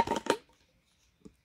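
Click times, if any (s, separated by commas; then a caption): 0.3 s. A cover lid is pressed onto a portable blender drinking cup and clicks shut at 0.3 s. The click comes after some rustling handling noise in the first 0.3 s. It is followed by near silence and a fainter tap at about 1.3 s.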